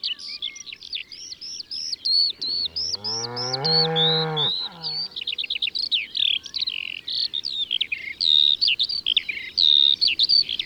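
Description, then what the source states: Eurasian skylark song, rapid continuous chirps and warbles, with a deeper drawn-out call rising beneath it midway. Recorded in Ardèche, France.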